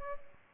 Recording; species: mosquito wingbeat signal from an infrared sensor; Aedes albopictus